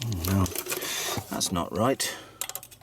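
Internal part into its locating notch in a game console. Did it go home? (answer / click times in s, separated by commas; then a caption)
no / none. While an Xbox One S game console is being reassembled, an internal part that isn't sitting in its locating notch (the fourth locating point) is handled and adjusted as someone talks, followed by a few brief light ticks around 2.4–2.6 s. Nothing has seated or clicked into place yet.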